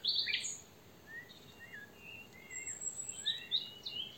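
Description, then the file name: Common nightingale song: a loud, harsh burst of notes at the start, then softer, scattered, slurred whistles and chirps. "Luscinia megarhynchos"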